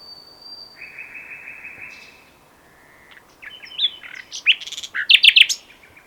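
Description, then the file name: Common nightingale song beginning with a long buzzy trill, a brief pause, then a jumble of loud varied chirps and slurred notes. "Luscinia megarhynchos"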